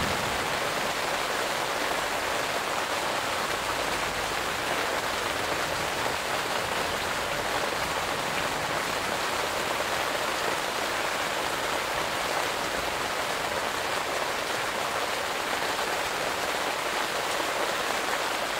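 Summer rain falls in a garden, a dense, steady hiss of drops that holds level for the whole stretch without pause. The sound is bright and fine-grained, with little low rumble, and no thunder stands out.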